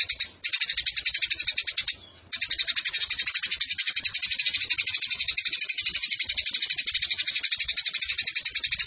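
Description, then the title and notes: Eurasian tree sparrow giving a long run of rapid, harsh, high-pitched chirps in steady rhythm, broken by two short gaps near the start. Fighting sparrow with long bursts and a clear voice; masteran tutor song for competition birds. "GEREJA TARUNG NEMBAK PANJANG SUARA JERNIH MASTERAN WAJIB BURUNG LOMBA. Burung Gereja"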